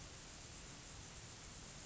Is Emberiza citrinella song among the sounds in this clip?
no